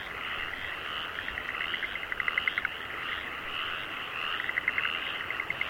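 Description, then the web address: Chorus of frogs giving fast clicking trains of croaks, louder bursts near the middle and end over a continuous background of calling. Frogs in rice fields in Aomori, Japan. "Sound Effects-Foundation 1 ANIMAL FROGS AOMORI RICE FIELDS"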